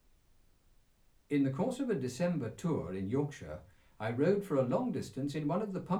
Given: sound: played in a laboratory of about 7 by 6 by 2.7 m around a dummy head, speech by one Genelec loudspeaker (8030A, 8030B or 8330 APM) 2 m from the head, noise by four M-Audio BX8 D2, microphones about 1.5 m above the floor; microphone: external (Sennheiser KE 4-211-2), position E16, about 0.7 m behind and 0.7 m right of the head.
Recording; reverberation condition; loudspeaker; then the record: male speech in English; low; 120 degrees to the left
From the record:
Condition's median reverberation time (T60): about 310 ms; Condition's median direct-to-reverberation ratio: about 3.5 dB